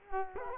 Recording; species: mosquito wingbeat signal from an infrared sensor; Culex quinquefasciatus